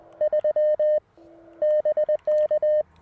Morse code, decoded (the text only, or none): 3 BK